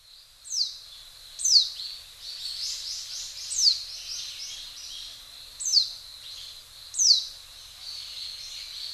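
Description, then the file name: Japanese white-eye giving high, thin downslurred call notes at irregular intervals, with softer chattering notes between them over a light hiss. Recorded in Hyogo, Japan. "mejiro 0910 hyogo kaji"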